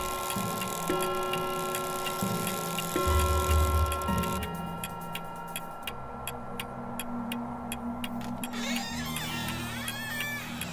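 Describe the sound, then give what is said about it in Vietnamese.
A clock, its hands at 3 a.m., ticks in an even, steady rhythm of sharp clicks, set against a low, humming drone and sustained tones, with a wavering high-pitched warble near the end. “Lúc này kim đồng hồ đã dịch chuyển có 3 giờ sáng.”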